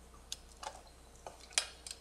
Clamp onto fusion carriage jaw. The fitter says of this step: that goes right on clicks into place okay um one thing that you might